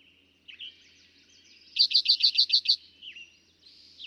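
Eastern towhee singing one rapid run of about seven loud, clipped notes, surrounded by softer chirps and trills from other birds.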